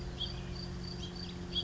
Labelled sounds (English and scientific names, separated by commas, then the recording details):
House Finch (Haemorhous mexicanus)
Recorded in Sonoma County, California